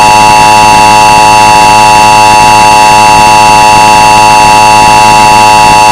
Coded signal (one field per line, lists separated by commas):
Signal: Emergency Alert System (SAME) tones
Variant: 853 and 960 Hz attention tone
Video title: Creepy 1969 NFL EAS (MOCK)